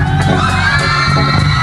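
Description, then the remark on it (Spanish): A crowd of women in an audience shouts loudly in unison, a dense, sustained roar of high voices with scattered whoops that holds steady for a couple of seconds. “No, ¿por qué no se agandallan, compañeras? A ver, un grito fuerte.”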